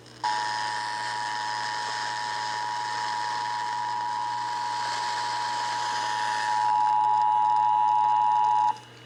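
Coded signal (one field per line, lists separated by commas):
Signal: Emergency Alert System (SAME) tones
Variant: 853 and 960 Hz attention tone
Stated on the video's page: Texas Required Monthly Test EAS tones as aired on several Texas radio and TV stations.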